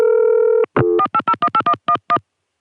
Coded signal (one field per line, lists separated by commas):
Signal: DTMF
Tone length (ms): 70 ms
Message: 48018111